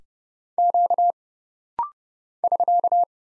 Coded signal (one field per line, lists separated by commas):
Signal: Morse code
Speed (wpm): 29 wpm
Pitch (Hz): 700 Hz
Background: none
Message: Q <SK>